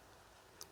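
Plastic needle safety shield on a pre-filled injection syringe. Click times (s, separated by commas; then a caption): 0.6 s. A plastic safety shield is pushed over the used needle of a pre-filled injection syringe after an injection and clicks into its locked position at 0.6 s. The short, sharp click stands out against a quiet background, and the shield is confirmed locked so the injector is completely safe.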